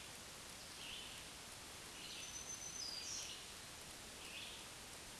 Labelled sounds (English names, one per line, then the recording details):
Black-throated Green Warbler song
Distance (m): 20 m
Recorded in a Pennsylvania forest on 1 June 2023 at 06:03
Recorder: AudioMoth, point grid3_31_high
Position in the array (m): 120 m, 112 m